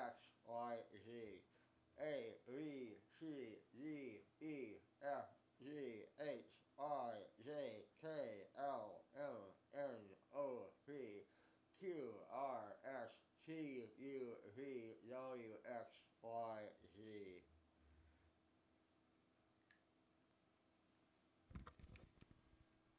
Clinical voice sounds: letters of the alphabet, spoken; constrained by a bite bar between the teeth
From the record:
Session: first day, right after the free take

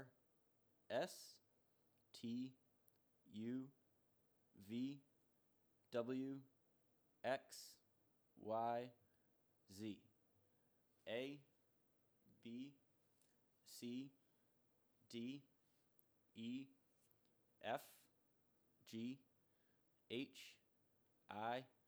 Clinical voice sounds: letters of the alphabet, spoken; free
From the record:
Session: first day, before the bite bar

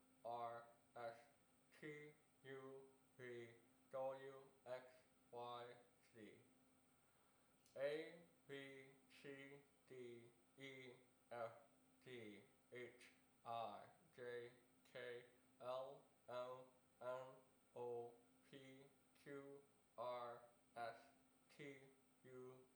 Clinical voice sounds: letters of the alphabet, spoken; constrained by a bite bar between the teeth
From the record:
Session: first day, right after the free take

